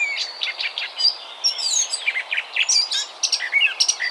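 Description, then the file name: Eurasian blackcap song, a fast, varied warble of sweet whistles and twittering notes, with brief pauses between bursts throughout. "Sylvia atricapilla"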